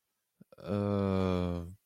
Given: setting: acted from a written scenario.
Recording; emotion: vocal sound without words; confusion